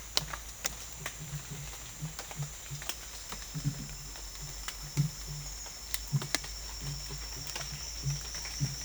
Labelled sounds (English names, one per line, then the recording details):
none
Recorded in dense forest near Puerto Asís, Putumayo, Colombia, on 21 December 2024 at 08:00
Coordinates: 0.484, -76.317
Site G026